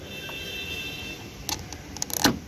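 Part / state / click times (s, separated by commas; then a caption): torque wrench on oil filter housing cap / torque reached / 2.0 s. A torque wrench tightens the plastic oil filter housing cap on a diesel engine until it clicks at its setting, and the click lands at 2.0 s. Before it, a steady low hum runs under faint tonal whine. A cluster of sharp metallic ticks sounds between about 1.5 and 2.3 s as the wrench works, and the final clicks confirm the cap is torqued.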